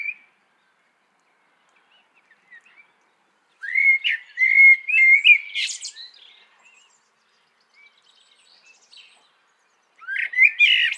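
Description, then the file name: Common blackbird song: a long phrase of fluted, slurred whistles ending in a squeaky high burst, and a new phrase starting near the end. "Turdus merula"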